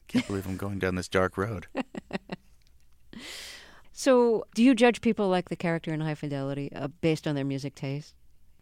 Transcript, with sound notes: I can't believe I'm going down this dark road.
(SOUNDBITE OF LAUGHTER)
So do you judge people like the character in "High Fidelity" based on their music taste?